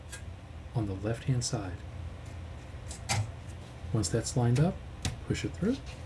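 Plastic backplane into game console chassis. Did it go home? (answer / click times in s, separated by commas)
no / none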